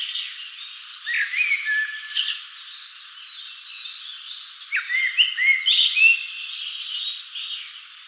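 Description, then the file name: Common blackbird calls with fluty, slurred whistles and short rising notes, heard over a busy background of many other small birds chirping. "Turdus merula"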